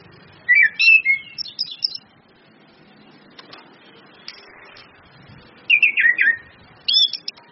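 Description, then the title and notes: Orange-headed thrush song, two clusters of fast, varied whistled phrases with a few clicks between them. Indonesian training lure ('pancingan') of clear 'ngeplong' song with female whistles ('suitan betina'), meant to make birds sing eagerly ('gacor'). "PANCINGAN anis kembang ngeplong dan SUITAN BETINA. Masteran Anis Kembang"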